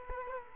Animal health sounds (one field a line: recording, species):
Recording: mosquito wingbeat signal from an infrared sensor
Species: Culex quinquefasciatus